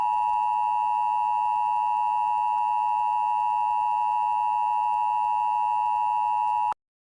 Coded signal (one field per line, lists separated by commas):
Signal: Emergency Alert System (SAME) tones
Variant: 853 and 960 Hz attention tone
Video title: Emergency ALERT SYSTEMS UPDATE!!!EMERGENCY ALERT SYSTEM UPDATE!!!Emergency ALERT SYSTEMS UPDATE!!!